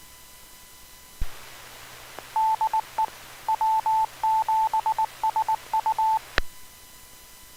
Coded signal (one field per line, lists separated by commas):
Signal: Morse code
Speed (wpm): 19 wpm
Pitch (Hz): 880 Hz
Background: none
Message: DE W7SU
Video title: October 2020 Club Meeting (On the Air): Slow-Scan TV